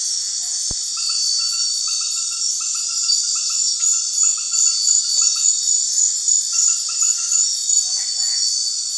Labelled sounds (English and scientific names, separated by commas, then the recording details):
none
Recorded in secondary vegetation near Puerto Asís, Putumayo, Colombia, on 12 March 2025 at 21:30
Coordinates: 0.499, -76.323
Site G094